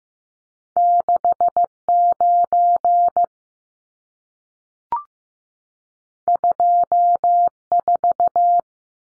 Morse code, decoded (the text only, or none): 69 24